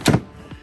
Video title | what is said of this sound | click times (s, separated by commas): CF MOTO UFORCE 1000 - Could this be a good Bug Out Vehicle Alternative? | it actually sounds solid you get a nice solid thud | 0.1 s, 0.5 s